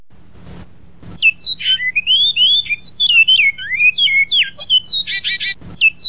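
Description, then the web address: Great-billed seed finch singing a fast, varied warble of sweet whistled slurs, rising and falling, with a burst of buzzy stacked notes near the end; low hum and a few thumps. Master song for training birds. "bicudario cantos maestro"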